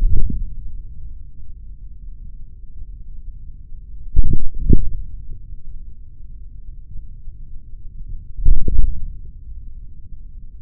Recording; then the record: forearm muscle sounds (acoustic myography)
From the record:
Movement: hand closing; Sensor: system 3, bracelet of six PUI Audio POM-2738L microphones around the upper forearm, with dedicated amplification and filtering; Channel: 6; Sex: male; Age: 56 years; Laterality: right